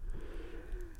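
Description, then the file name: Sheep giving a faint, drawn-out bleat that wavers slightly in pitch for under a second, over a steady low rumble. "mouton"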